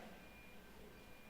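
A window sash is being rotated in its frame after its hinges have been placed, while installing a Duratech roof window on a profile tile roof. Only steady low handling noise is heard, with no sharp sounds. Nothing has clicked or locked in yet; the two clicks of the hinges locking into the frame have not come.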